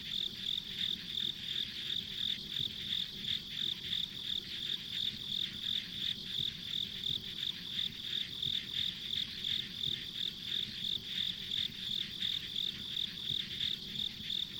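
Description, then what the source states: Insects chirping, a steady high pulsing call repeated about three times a second, over a softer continuous hiss. Ambient insect sounds recorded on a country road.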